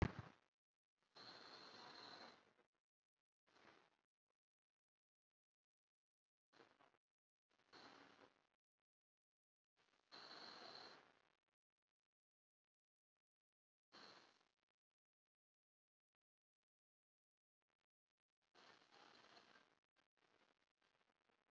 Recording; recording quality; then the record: deep breathing; moderate, slight background noise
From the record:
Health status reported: COVID-19 positive, mild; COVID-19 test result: positive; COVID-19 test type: RT-PCR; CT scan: not taken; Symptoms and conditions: cough, cold, fatigue, muscle pain, diabetes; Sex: male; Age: 48 years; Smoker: no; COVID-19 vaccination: both doses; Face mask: worn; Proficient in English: yes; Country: India